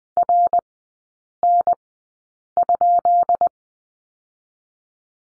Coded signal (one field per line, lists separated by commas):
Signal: Morse code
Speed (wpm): 20 wpm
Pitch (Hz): 700 Hz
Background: none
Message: RN?